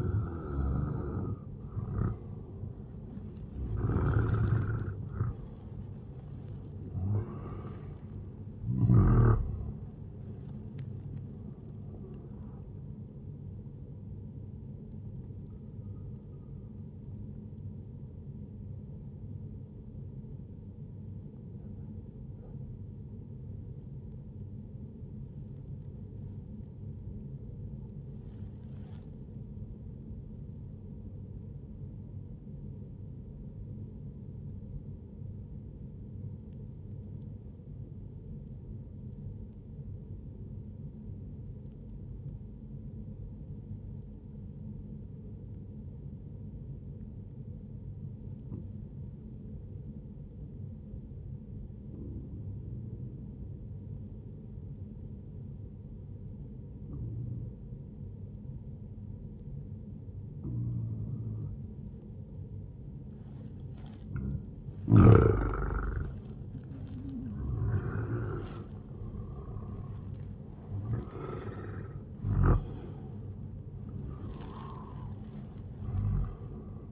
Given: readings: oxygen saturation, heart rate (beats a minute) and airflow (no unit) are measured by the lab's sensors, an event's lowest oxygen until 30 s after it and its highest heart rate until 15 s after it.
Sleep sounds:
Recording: breathing in sleep by a smartphone at the bedside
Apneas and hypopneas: 1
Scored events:
8.00-76.92 s: new sleep stage, N1 (lightest sleep)
20.00-63.80 s: obstructive apnea (N1, oxygen 97% highest, then 94% lowest, heart rate 63 at the start, 81 highest)
From the record:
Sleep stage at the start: N2 (light sleep)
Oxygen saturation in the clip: 92 to 97%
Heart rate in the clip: 60 to 80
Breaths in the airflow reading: 8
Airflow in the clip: -11.2 to 15.3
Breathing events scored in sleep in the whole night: 131 in 7.2 hours asleep

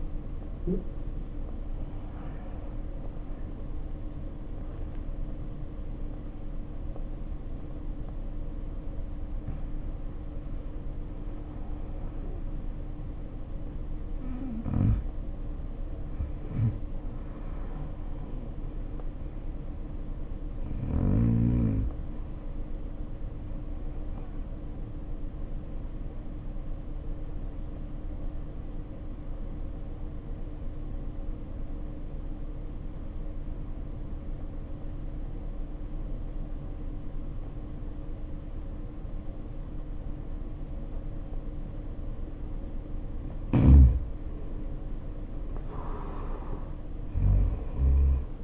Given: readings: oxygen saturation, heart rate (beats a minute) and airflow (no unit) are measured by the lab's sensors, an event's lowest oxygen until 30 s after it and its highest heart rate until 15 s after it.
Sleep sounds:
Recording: breathing in sleep by a smartphone at the bedside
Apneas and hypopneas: 1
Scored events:
18.00-48.44 s: new sleep stage, N1 (lightest sleep)
30.00-43.10 s: obstructive apnea (N1, oxygen 94% highest, then 82% lowest, heart rate 54 at the start, 68 highest)
From the record:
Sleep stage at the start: awake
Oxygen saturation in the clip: 90 to 95%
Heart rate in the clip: 53 to 92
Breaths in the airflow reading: 5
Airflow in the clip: -6.8 to 7.1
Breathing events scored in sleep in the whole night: 520 in 7.2 hours asleep

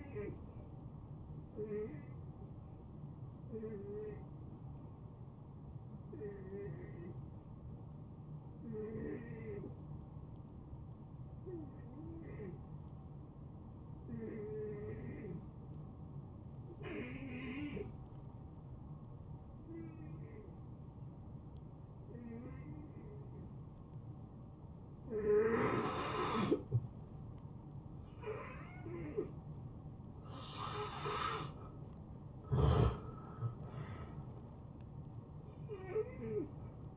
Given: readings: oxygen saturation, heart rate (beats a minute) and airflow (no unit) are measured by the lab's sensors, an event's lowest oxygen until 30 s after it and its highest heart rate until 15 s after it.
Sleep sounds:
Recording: breathing in sleep by a smartphone at the bedside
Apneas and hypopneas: 1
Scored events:
1.00-36.97 s: new sleep stage, N2 (light sleep)
5.00-31.50 s: hypopnea (N2, oxygen 90% highest, then 80% lowest, heart rate 81 at the start, 81 highest)
From the record:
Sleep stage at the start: N1 (lightest sleep)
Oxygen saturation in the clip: 80 to 90%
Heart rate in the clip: 69 to 81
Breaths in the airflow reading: 11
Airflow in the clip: -17.0 to 7.7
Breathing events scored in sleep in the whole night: 263 in 5.5 hours asleep

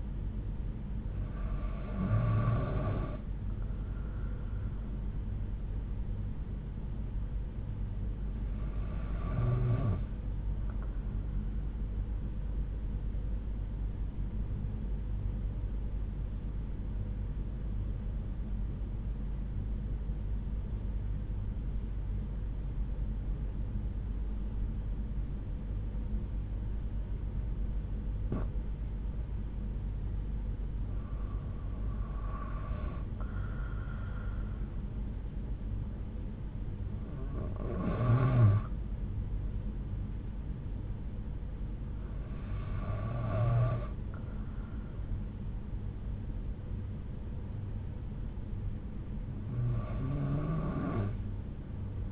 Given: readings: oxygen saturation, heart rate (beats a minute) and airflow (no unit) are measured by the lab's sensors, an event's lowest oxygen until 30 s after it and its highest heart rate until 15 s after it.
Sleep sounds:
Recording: breathing in sleep by a smartphone at the bedside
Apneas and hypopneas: 1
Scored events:
16.00-29.70 s: obstructive apnea (REM, oxygen 96% highest, then 91% lowest)
From the record:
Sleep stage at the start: REM sleep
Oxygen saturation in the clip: 90 to 96%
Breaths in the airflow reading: 7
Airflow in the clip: -5.3 to 6.1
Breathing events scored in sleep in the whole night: 368 in 8.0 hours asleep

